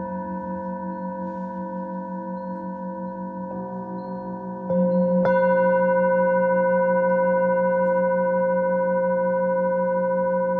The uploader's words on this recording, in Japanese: シシンギングボウルのサウンドヒーリング。メキシコ。